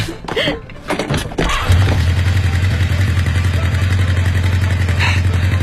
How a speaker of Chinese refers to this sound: 老潘，快去看看你的摩托车吧。 哦，对对对，我发动一下试试。